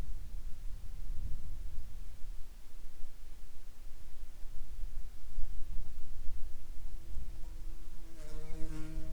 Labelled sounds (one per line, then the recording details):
insects
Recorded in the Prudhoe Bay oil fields, Alaska, on 28 July 2019 at 17:56
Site 21